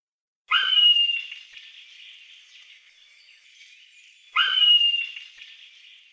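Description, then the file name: Common buzzard mewing twice, four seconds apart, each call a sharp high note sliding down into a long fading tail. "Golosa ptic - Kanyuk obyknovennyj Buteo buteo"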